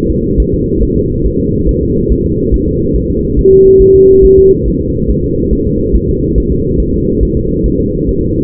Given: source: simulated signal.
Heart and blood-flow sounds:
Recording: fetal heart sounds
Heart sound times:
0.10 s: S2
0.40 s: S1
0.54 s: S2
0.83 s: S1
0.97 s: S2
1.26 s: S1
1.40 s: S2
1.69 s: S1
1.83 s: S2
2.12 s: S1
2.26 s: S2
2.54 s: S1
2.68 s: S2
2.96 s: S1
3.10 s: S2
3.39 s: S1
3.53 s: S2
3.82 s: S1
3.96 s: S2
4.25 s: S1
4.38 s: S2
4.68 s: S1
4.81 s: S2
5.10 s: S1
5.24 s: S2
5.53 s: S1
5.67 s: S2
5.95 s: S1
6.09 s: S2
6.38 s: S1
6.52 s: S2
6.80 s: S1
6.94 s: S2
7.23 s: S1
7.37 s: S2
7.66 s: S1
7.80 s: S2
8.09 s: S1
8.23 s: S2
From the record:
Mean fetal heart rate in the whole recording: 140 bpm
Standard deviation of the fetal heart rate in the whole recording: 2 bpm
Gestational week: 34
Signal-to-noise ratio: -10.2 dB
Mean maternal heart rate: 72 bpm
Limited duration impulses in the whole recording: present

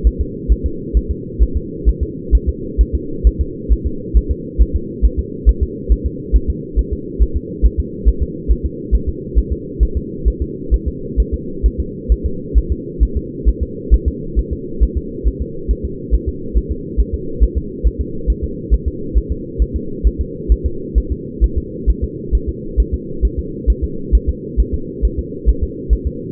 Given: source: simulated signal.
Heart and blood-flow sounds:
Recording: fetal heart sounds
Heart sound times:
0.07 s: S1
0.21 s: S2
0.52 s: S1
0.66 s: S2
0.97 s: S1
1.11 s: S2
1.43 s: S1
1.57 s: S2
1.89 s: S1
2.03 s: S2
2.35 s: S1
2.49 s: S2
2.81 s: S1
2.95 s: S2
3.27 s: S1
3.41 s: S2
3.72 s: S1
3.87 s: S2
4.17 s: S1
4.31 s: S2
4.62 s: S1
4.76 s: S2
5.05 s: S1
5.19 s: S2
5.49 s: S1
5.63 s: S2
5.92 s: S1
6.06 s: S2
6.36 s: S1
6.50 s: S2
6.79 s: S1
6.93 s: S2
7.22 s: S1
7.37 s: S2
7.66 s: S1
7.80 s: S2
8.09 s: S1
8.23 s: S2
8.51 s: S1
8.66 s: S2
8.95 s: S1
9.09 s: S2
9.38 s: S1
9.52 s: S2
9.83 s: S1
9.97 s: S2
10.28 s: S1
10.42 s: S2
10.74 s: S1
10.88 s: S2
11.20 s: S1
11.34 s: S2
11.66 s: S1
11.80 s: S2
12.12 s: S1
12.26 s: S2
12.58 s: S1
12.72 s: S2
13.03 s: S1
13.17 s: S2
13.48 s: S1
13.63 s: S2
13.94 s: S1
14.08 s: S2
14.39 s: S1
14.53 s: S2
14.83 s: S1
14.98 s: S2
15.28 s: S1
15.42 s: S2
15.71 s: S1
15.85 s: S2
16.14 s: S1
16.29 s: S2
16.57 s: S1
16.71 s: S2
17.00 s: S1
17.14 s: S2
17.43 s: S1
17.58 s: S2
17.87 s: S1
18.01 s: S2
18.30 s: S1
18.44 s: S2
18.74 s: S1
18.88 s: S2
19.18 s: S1
19.32 s: S2
19.62 s: S1
19.76 s: S2
20.07 s: S1
20.21 s: S2
20.52 s: S1
20.66 s: S2
20.98 s: S1
21.12 s: S2
21.44 s: S1
21.58 s: S2
21.90 s: S1
22.04 s: S2
22.35 s: S1
22.49 s: S2
22.80 s: S1
22.94 s: S2
23.25 s: S1
23.39 s: S2
23.70 s: S1
23.84 s: S2
24.15 s: S1
24.29 s: S2
24.60 s: S1
24.74 s: S2
25.05 s: S1
25.19 s: S2
25.49 s: S1
25.64 s: S2
25.93 s: S1
26.07 s: S2
From the record:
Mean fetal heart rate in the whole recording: 135 bpm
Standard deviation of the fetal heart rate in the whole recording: 3 bpm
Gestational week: 34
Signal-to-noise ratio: -4.3 dB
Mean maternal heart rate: 72 bpm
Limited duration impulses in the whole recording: absent

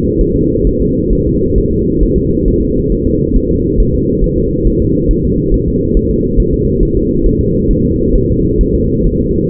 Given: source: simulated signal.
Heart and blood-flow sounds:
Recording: fetal heart sounds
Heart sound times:
0.21 s: S1
0.36 s: S2
0.67 s: S1
0.81 s: S2
1.13 s: S1
1.27 s: S2
1.58 s: S1
1.72 s: S2
2.03 s: S1
2.18 s: S2
2.48 s: S1
2.62 s: S2
2.92 s: S1
3.07 s: S2
3.36 s: S1
3.51 s: S2
3.80 s: S1
3.95 s: S2
4.24 s: S1
4.38 s: S2
4.67 s: S1
4.82 s: S2
5.11 s: S1
5.25 s: S2
5.54 s: S1
5.68 s: S2
5.97 s: S1
6.11 s: S2
6.40 s: S1
6.54 s: S2
6.83 s: S1
6.97 s: S2
7.27 s: S1
7.41 s: S2
7.71 s: S1
7.85 s: S2
8.15 s: S1
8.30 s: S2
8.61 s: S1
8.75 s: S2
9.06 s: S1
9.21 s: S2
From the record:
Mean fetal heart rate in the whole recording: 135 bpm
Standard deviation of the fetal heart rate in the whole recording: 3 bpm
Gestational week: 36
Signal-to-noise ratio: -14.7 dB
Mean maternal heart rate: 72 bpm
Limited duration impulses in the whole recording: present

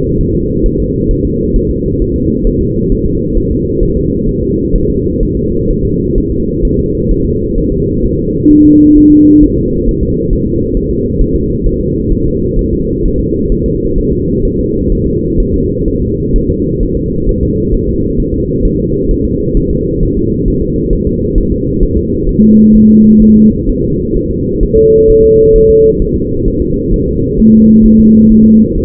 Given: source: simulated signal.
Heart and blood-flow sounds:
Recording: fetal heart sounds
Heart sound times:
0.21 s: S1
0.35 s: S2
0.66 s: S1
0.80 s: S2
1.11 s: S1
1.25 s: S2
1.56 s: S1
1.70 s: S2
2.02 s: S1
2.16 s: S2
2.47 s: S1
2.61 s: S2
2.92 s: S1
3.06 s: S2
3.37 s: S1
3.51 s: S2
3.83 s: S1
3.97 s: S2
4.29 s: S1
4.43 s: S2
4.76 s: S1
4.90 s: S2
5.23 s: S1
5.37 s: S2
5.70 s: S1
5.85 s: S2
6.18 s: S1
6.32 s: S2
6.65 s: S1
6.79 s: S2
7.11 s: S1
7.25 s: S2
7.58 s: S1
7.72 s: S2
8.04 s: S1
8.18 s: S2
8.51 s: S1
8.65 s: S2
8.97 s: S1
9.12 s: S2
9.44 s: S1
9.58 s: S2
9.89 s: S1
10.03 s: S2
10.33 s: S1
10.47 s: S2
10.77 s: S1
10.91 s: S2
11.21 s: S1
11.35 s: S2
11.66 s: S1
11.81 s: S2
12.12 s: S1
12.26 s: S2
12.59 s: S1
12.73 s: S2
13.05 s: S1
13.20 s: S2
13.52 s: S1
13.66 s: S2
13.98 s: S1
14.13 s: S2
14.45 s: S1
14.59 s: S2
14.92 s: S1
15.06 s: S2
15.40 s: S1
15.54 s: S2
15.88 s: S1
16.02 s: S2
16.36 s: S1
16.50 s: S2
16.83 s: S1
16.97 s: S2
17.29 s: S1
17.43 s: S2
17.74 s: S1
17.88 s: S2
18.20 s: S1
18.34 s: S2
18.65 s: S1
18.79 s: S2
19.11 s: S1
19.25 s: S2
19.57 s: S1
19.71 s: S2
20.03 s: S1
20.17 s: S2
20.48 s: S1
20.62 s: S2
20.93 s: S1
21.07 s: S2
21.38 s: S1
21.52 s: S2
21.83 s: S1
21.97 s: S2
22.29 s: S1
22.43 s: S2
22.75 s: S1
22.90 s: S2
23.22 s: S1
23.36 s: S2
23.69 s: S1
23.84 s: S2
24.16 s: S1
24.31 s: S2
24.63 s: S1
24.77 s: S2
25.10 s: S1
25.24 s: S2
25.56 s: S1
25.70 s: S2
26.02 s: S1
26.16 s: S2
26.48 s: S1
26.62 s: S2
26.94 s: S1
27.08 s: S2
27.40 s: S1
27.54 s: S2
27.86 s: S1
28.00 s: S2
28.32 s: S1
28.46 s: S2
28.78 s: S1
From the record:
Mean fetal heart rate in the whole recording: 130 bpm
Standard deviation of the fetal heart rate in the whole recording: 4 bpm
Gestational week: 38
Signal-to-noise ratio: -10.2 dB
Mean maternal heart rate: 72 bpm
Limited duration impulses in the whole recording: present

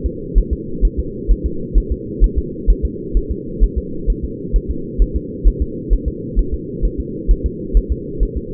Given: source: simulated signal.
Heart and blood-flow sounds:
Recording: fetal heart sounds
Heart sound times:
0.06 s: S2
0.38 s: S1
0.53 s: S2
0.85 s: S1
0.99 s: S2
1.31 s: S1
1.46 s: S2
1.78 s: S1
1.92 s: S2
2.24 s: S1
2.38 s: S2
2.70 s: S1
2.85 s: S2
3.17 s: S1
3.31 s: S2
3.63 s: S1
3.78 s: S2
4.10 s: S1
4.24 s: S2
4.56 s: S1
4.71 s: S2
5.02 s: S1
5.16 s: S2
5.48 s: S1
5.62 s: S2
5.93 s: S1
6.08 s: S2
6.39 s: S1
6.54 s: S2
6.85 s: S1
7.00 s: S2
7.31 s: S1
7.46 s: S2
7.77 s: S1
7.92 s: S2
8.23 s: S1
8.37 s: S2
From the record:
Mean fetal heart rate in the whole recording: 130 bpm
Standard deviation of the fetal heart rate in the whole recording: 2 bpm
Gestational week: 36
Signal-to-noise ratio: -4.3 dB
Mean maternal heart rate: 72 bpm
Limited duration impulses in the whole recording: absent

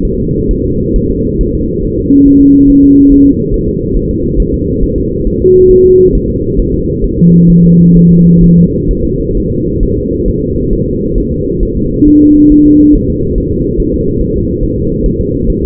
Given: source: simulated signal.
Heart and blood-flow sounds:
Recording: fetal heart sounds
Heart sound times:
0.05 s: S1
0.20 s: S2
0.51 s: S1
0.65 s: S2
0.96 s: S1
1.11 s: S2
1.41 s: S1
1.55 s: S2
1.85 s: S1
1.99 s: S2
2.28 s: S1
2.42 s: S2
2.70 s: S1
2.84 s: S2
3.12 s: S1
3.26 s: S2
3.54 s: S1
3.68 s: S2
3.97 s: S1
4.11 s: S2
4.40 s: S1
4.54 s: S2
4.83 s: S1
4.98 s: S2
5.27 s: S1
5.42 s: S2
5.71 s: S1
5.86 s: S2
6.15 s: S1
6.30 s: S2
6.59 s: S1
6.74 s: S2
7.04 s: S1
7.19 s: S2
7.50 s: S1
7.64 s: S2
7.97 s: S1
8.11 s: S2
8.44 s: S1
8.58 s: S2
8.91 s: S1
9.05 s: S2
9.37 s: S1
9.52 s: S2
9.83 s: S1
9.98 s: S2
10.28 s: S1
10.43 s: S2
10.73 s: S1
10.88 s: S2
11.18 s: S1
11.32 s: S2
11.63 s: S1
11.77 s: S2
12.08 s: S1
12.22 s: S2
12.52 s: S1
12.66 s: S2
12.95 s: S1
13.10 s: S2
13.38 s: S1
13.52 s: S2
13.80 s: S1
13.94 s: S2
14.21 s: S1
14.36 s: S2
14.63 s: S1
14.78 s: S2
15.06 s: S1
15.20 s: S2
15.50 s: S1
15.64 s: S2
From the record:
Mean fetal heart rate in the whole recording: 135 bpm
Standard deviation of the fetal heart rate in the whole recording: 3 bpm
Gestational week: 36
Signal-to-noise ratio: -14.7 dB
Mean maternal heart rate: 72 bpm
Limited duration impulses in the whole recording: present

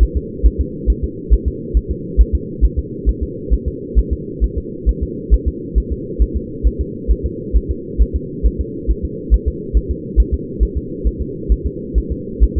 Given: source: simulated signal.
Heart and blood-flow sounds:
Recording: fetal heart sounds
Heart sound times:
0.03 s: S1
0.17 s: S2
0.46 s: S1
0.61 s: S2
0.90 s: S1
1.04 s: S2
1.33 s: S1
1.48 s: S2
1.77 s: S1
1.91 s: S2
2.21 s: S1
2.35 s: S2
2.65 s: S1
2.79 s: S2
3.09 s: S1
3.23 s: S2
3.54 s: S1
3.68 s: S2
3.99 s: S1
4.13 s: S2
4.44 s: S1
4.58 s: S2
4.89 s: S1
5.03 s: S2
5.34 s: S1
5.48 s: S2
5.78 s: S1
5.92 s: S2
6.22 s: S1
6.37 s: S2
6.67 s: S1
6.81 s: S2
7.11 s: S1
7.26 s: S2
7.56 s: S1
7.71 s: S2
8.02 s: S1
8.16 s: S2
8.46 s: S1
8.61 s: S2
8.91 s: S1
9.05 s: S2
9.34 s: S1
9.48 s: S2
9.77 s: S1
9.91 s: S2
10.20 s: S1
10.34 s: S2
10.63 s: S1
10.77 s: S2
11.07 s: S1
11.21 s: S2
11.52 s: S1
11.66 s: S2
11.98 s: S1
12.12 s: S2
12.44 s: S1
12.58 s: S2
From the record:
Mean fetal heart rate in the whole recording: 135 bpm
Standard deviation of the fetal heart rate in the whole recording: 3 bpm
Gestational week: 34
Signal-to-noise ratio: -4.1 dB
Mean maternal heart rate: no maternal heart sound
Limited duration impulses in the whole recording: absent

